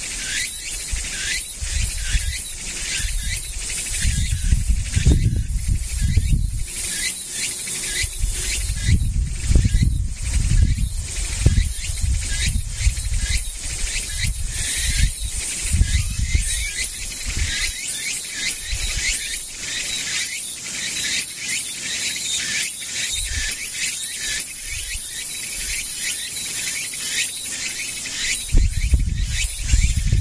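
A tsukutsukuboshi cicada shrills steadily and densely near the mic, a bright pulsing buzz, over low gusty rumbling from wind throughout.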